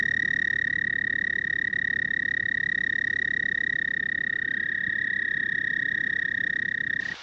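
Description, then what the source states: Toad giving a continuous, fast-pulsed, even-pitched trill for about seven seconds before it stops abruptly. Toad family Bufonidae.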